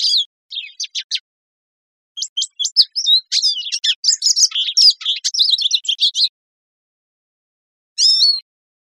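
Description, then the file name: Lesser goldfinch giving quick, high twittering notes and sweet slurred whistles in bursts, a long pause, then a final short phrase. Costa Rica, 2 August 2006. "CR LEGO 060802"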